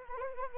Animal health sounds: mosquito wingbeat signal from an infrared sensor; Anopheles arabiensis

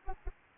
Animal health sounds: mosquito wingbeat signal from an infrared sensor; Anopheles arabiensis

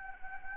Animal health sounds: mosquito wingbeat signal from an infrared sensor; Anopheles gambiae

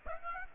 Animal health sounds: mosquito wingbeat signal from an infrared sensor; Aedes aegypti

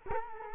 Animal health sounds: mosquito wingbeat signal from an infrared sensor; Culex quinquefasciatus

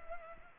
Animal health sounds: mosquito wingbeat signal from an infrared sensor; Culex pipiens

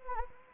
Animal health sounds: mosquito wingbeat signal from an infrared sensor; Anopheles gambiae

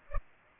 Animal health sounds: mosquito wingbeat signal from an infrared sensor; Culex pipiens

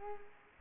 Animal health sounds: mosquito wingbeat signal from an infrared sensor; Culex pipiens

